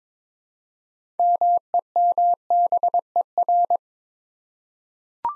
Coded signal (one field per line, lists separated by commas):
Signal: Morse code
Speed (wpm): 22 wpm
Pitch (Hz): 700 Hz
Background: none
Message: MEMBER